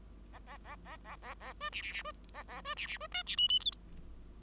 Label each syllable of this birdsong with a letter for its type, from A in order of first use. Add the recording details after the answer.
A A A A A A A B C C C B A A B C C B D C E E F. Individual Bird5